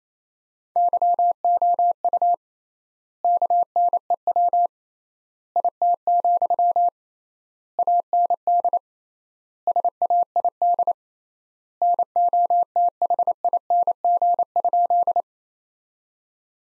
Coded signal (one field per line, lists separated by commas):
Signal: Morse code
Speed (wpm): 28 wpm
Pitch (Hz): 700 Hz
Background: none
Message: YOU KNEW IT, AND SAID NOTHING?